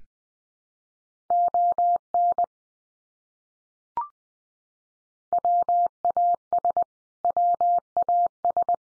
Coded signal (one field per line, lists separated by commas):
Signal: Morse code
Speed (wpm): 20 wpm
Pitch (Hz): 700 Hz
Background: none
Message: ON WAS WAS